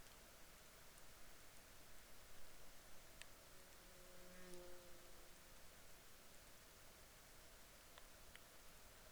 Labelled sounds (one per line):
rain
insects